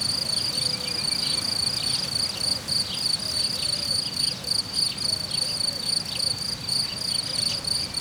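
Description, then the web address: Cricket trilling in high, rapid pulses, with faint soft tones and low rumble behind. Cricket recorded in nature at Hortobágy in 2014, described as idyllic. "allathangok termeszetben tucsok professzionalis 2014 idilli balmikrofonraraszallorovar hortobagy"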